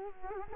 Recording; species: mosquito wingbeat signal from an infrared sensor; Culex quinquefasciatus